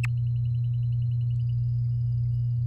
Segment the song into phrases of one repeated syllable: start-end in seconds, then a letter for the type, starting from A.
0.03-0.06 A